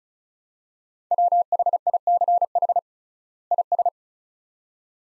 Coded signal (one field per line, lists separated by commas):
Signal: Morse code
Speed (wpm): 36 wpm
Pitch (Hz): 700 Hz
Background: none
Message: WHICH IS